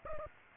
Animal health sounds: mosquito wingbeat signal from an infrared sensor; Aedes aegypti

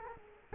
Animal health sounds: mosquito wingbeat signal from an infrared sensor; Culex quinquefasciatus

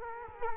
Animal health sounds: mosquito wingbeat signal from an infrared sensor; Culex quinquefasciatus

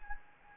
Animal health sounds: mosquito wingbeat signal from an infrared sensor; Anopheles gambiae

